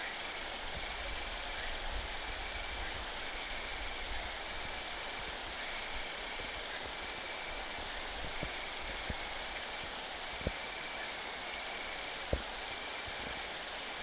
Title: Sylvain Jaskowiak - Animus. Grandes sauterelles vertes, grillons d'Italie et decticelles - Saignon, Vaucluse - septembre 2000